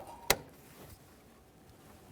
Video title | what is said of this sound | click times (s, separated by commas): How to Replace HVAC Blower Motor Assembly 1998-2011 Ford Ranger | got a nice click from that one | 0.3 s